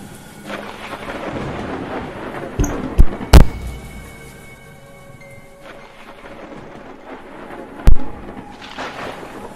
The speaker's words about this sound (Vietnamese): Cả bốn đứa bảo nhau sáp lại gần, nằm xuống, nhắm mắt, nghe tiếng mưa gió sấm sét ở ngoài kia vẫn đang đì đùng vang lên.